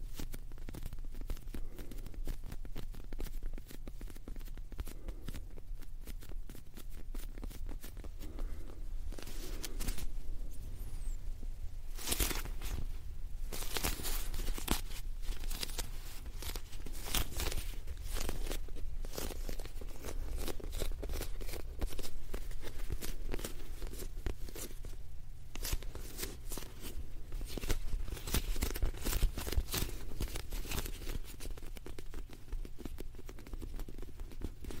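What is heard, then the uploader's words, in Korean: Soft, squishy fluffy sounds press and rustle continuously over a low steady rumble, with brighter crackling bursts clustering around twelve to fifteen seconds. ASMR 폭신 폭신 소리!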